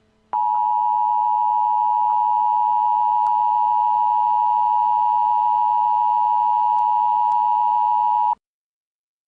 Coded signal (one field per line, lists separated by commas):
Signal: Emergency Alert System (SAME) tones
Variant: 853 and 960 Hz attention tone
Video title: Goddess Of Victory: Nikke EAS Scenario 4 [KOR subtitle]